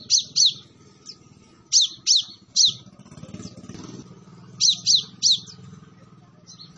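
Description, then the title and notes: Sunbird song: bursts of two or three sharp, high, downward-sweeping chirps separated by pauses, over a low engine rumble. Vigorously singing Kolibri Ninja, used as a tutor for training other birds, full of fill-in phrases and 'tembakan' bursts, meant as a lure. "MASTERAN KOLIBRI NINJA TERBAIK FULL ISIAN DAN TEMBAKAN MEWAH COCOK BUAT PANCINGAN. Suara Burung Kolibri Ninja Gacor"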